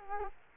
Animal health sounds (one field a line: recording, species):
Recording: mosquito wingbeat signal from an infrared sensor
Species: Culex quinquefasciatus